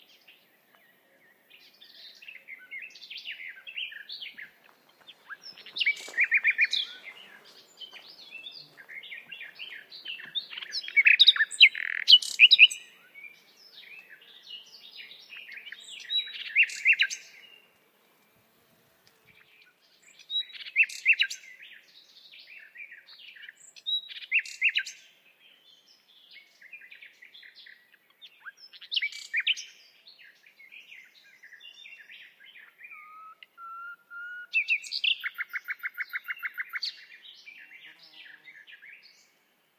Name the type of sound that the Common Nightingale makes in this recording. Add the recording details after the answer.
song. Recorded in the wild. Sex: male. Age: adult. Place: Hobrechtsfelder Rieselfelder, Naturpark Barnim, Berlin, DE. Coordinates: 52.6661, 13.4692. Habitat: poplar grove. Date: 2011-06-12. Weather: sunny, 20°C, windless. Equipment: Sound Devices 702, Sennheiser MKH 70, Rycote Windschutz. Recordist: Frommolt, Karl-Heinz